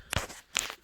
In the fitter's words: there we go it kind of just snaps into place like so